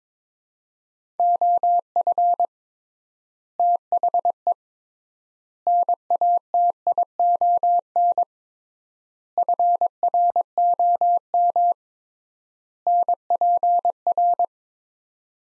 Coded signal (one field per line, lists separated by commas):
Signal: Morse code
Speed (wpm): 22 wpm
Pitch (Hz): 700 Hz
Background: none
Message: OF THE NATION FROM NPR